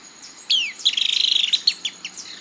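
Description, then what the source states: Golden-headed Manakin display song: a few high sweeping notes, then a rapid run of staccato notes before trailing into scattered chips. Male swooping down toward a female during his breeding display, singing staccato notes that increase in tempo.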